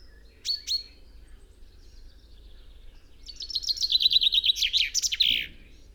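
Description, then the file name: Common chaffinch: one sharp double call note, a pause, then a full song of quick descending repeated notes ending in a flourish. "Fringilla coelebs"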